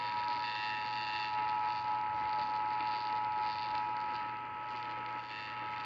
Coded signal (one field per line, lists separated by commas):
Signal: Emergency Alert System (SAME) tones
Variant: 853 and 960 Hz attention tone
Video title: Your Northeast Texas Weather Fix | EAS #1769-1775 (Severe Weather Alerts from 11/10/2021)